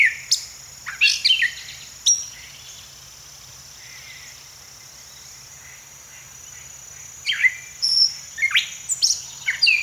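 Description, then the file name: Gray catbird giving a few squeaky, scratchy phrases early on, then a long quiet stretch, before another burst of jumbled notes at the end; steady high insect whine throughout. "Gray Catbird - Dumetella carolinensis"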